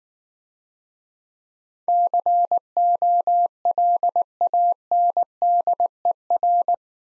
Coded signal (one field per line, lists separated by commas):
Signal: Morse code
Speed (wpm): 18 wpm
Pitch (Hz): 700 Hz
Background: none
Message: COLANDER